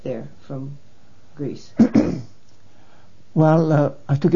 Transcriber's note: clears throat